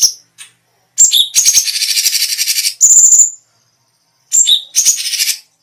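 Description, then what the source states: Cucak cungkok: a dense buzzy trill burst, then a bright high whistle, a pause, and another whistled phrase with trilling. Special song bursts, called "tembakan istimewa".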